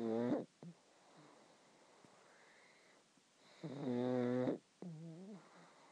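Two loud, buzzy, almost tonal snoring breaths about four seconds apart, each followed by a shorter wavering snort, roughly 15 breaths a minute. This is snoring from a pug, a flat-faced dog, where a crowded upper airway vibrates with each breath.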